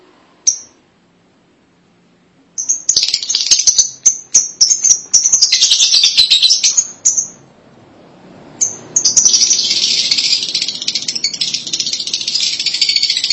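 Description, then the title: Lovebird calls: dense, grating high chatter with scattered shrill chirps, continuing almost without break through the second half. "BM Suara Burung Lovebird"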